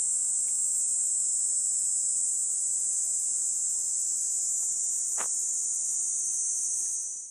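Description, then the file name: Cicada song, a continuous high shrill hiss held steady until the very end, with one brief sharp click partway through. "Platypleura kaempferi"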